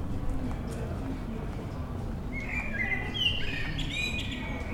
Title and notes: bonn altstadt, amsel - abendstimmung, mai 2003. Amsel am Abend, Bonn 2003.